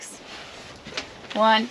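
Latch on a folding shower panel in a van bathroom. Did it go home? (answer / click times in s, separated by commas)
released / 1.0 s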